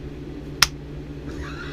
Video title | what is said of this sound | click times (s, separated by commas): Insomnia Knife Porn: Bush EDC Pt. 4 | He's able to get a click out of a rubber handle. | 0.6 s